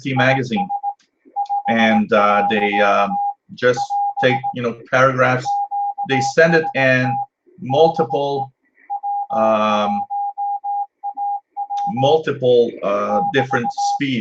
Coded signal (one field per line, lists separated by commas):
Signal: Morse code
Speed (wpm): 18 wpm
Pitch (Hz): 810 Hz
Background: speech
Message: IS 5. <AS> QST DE W1AW <BT>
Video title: Friday night shortwave radio hangout tuning the bands may 22nd 2015